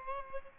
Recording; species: mosquito wingbeat signal from an infrared sensor; Aedes albopictus